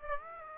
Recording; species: mosquito wingbeat signal from an infrared sensor; Aedes aegypti